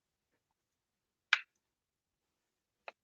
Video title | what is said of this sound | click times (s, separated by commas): DYE DSR+ Full Overview | Snaps in place very nicely. No rattle. | 1.3 s